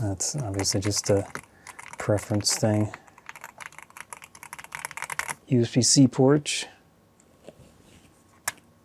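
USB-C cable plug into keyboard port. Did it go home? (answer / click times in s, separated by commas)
yes / 8.5 s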